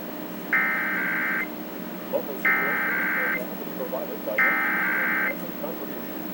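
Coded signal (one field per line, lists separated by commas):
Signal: Emergency Alert System (SAME) tones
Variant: header bursts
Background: speech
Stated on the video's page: Required Monthly Test for Maine, received on a TV.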